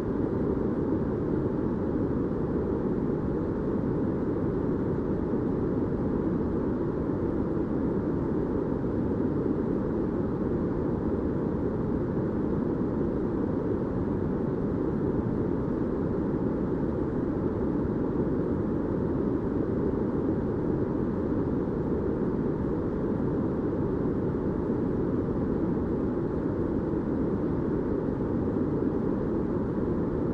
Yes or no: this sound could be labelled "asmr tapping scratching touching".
no